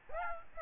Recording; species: mosquito wingbeat signal from an infrared sensor; Aedes aegypti